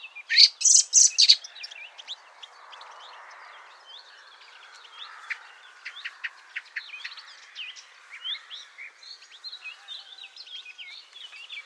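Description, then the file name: Common blackbird call, a loud harsh chattering burst of rapid notes near the start, followed by many faint high chirps and twitters. "Turdus merula"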